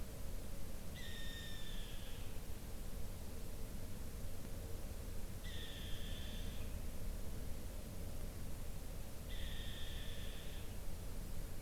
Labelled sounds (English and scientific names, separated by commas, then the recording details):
Western Barn Owl (Tyto alba)
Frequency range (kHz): Western Barn Owl (Tyto alba) 1.6-5.9 kHz
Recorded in France